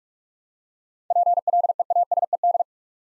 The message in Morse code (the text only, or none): PLEASED